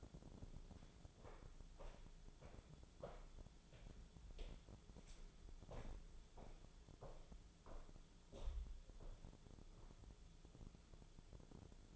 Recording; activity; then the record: daily activity, microphone in the room; walk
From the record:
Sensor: 5